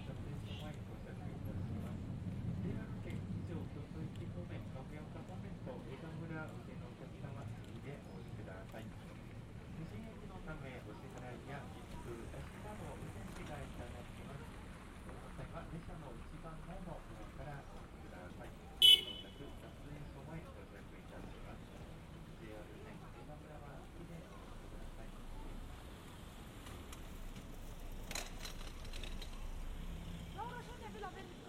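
Riding a tram, with a steady low rumble and muffled voices of passengers throughout. Faint chatter and rattles drift in and out, and a sharp metallic clank stands out near the nineteen-second mark, with another brief knock around twenty-eight seconds.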